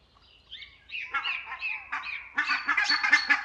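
Barnacle goose honking: a few yelps, then a denser run of sharp, nasal barks toward the end.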